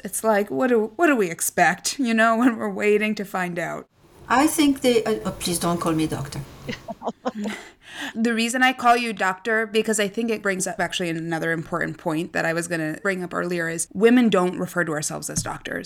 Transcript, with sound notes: It’s like, what do, what do we expect? You know, when we’re waiting to find out.
I think they, uh, please don’t call me doctor. (laughs)
The reason I call you doctor, because I think it brings up actually another important point that I was going to bring up earlier is women don’t refer to ourselves as doctors.